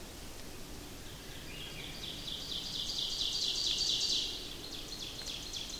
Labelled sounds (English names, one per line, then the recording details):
Ovenbird song
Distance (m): 40 m
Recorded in boreal forest in Alberta, Canada, on 28 May 2016 at 07:17
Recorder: SongMeter 3, array SBT-3-49
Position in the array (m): 16 m, 207 m
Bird 15